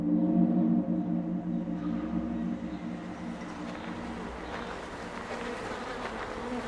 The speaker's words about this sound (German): Das sind die Bienen aus dem Bundestag, 50.000 Bienen. Die sammeln ordentlich Honig und wir haben ja im Tiergarten auch sehr viele Pflanzen. Das ist alles noch in ihrem Einzugsbereich.